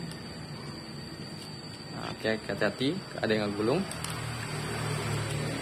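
A steering wheel clock spring (spiral cable) for a Grand Livina is being lined up and positioned onto the steering column, with care taken because part of it can roll up. Someone talks over a steady background hum. Nothing has seated or clicked yet; it still needs a small push.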